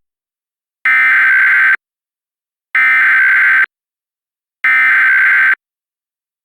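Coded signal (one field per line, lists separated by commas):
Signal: Emergency Alert System (SAME) tones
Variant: header bursts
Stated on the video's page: A fictional mock alert made with valid tones.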